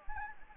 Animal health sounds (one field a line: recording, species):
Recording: mosquito wingbeat signal from an infrared sensor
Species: Anopheles gambiae